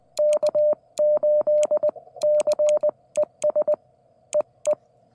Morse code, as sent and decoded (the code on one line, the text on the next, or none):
-.- ---.. -.-. . ... / . .
K8CES EE